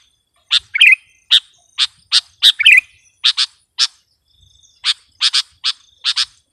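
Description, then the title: Sooty-headed bulbul gives sharp, clipped chip notes in quick irregular series, with two bubbly warbled phrases mixed in early on. "kutilang"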